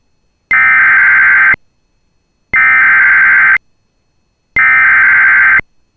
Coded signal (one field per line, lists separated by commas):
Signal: Emergency Alert System (SAME) tones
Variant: header bursts